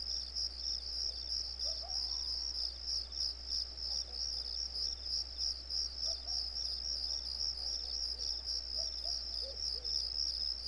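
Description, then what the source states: Cricket chirps pulse quickly and steadily, high and thin, with occasional faint lower calls and a low humming background. Recorded on a residential street.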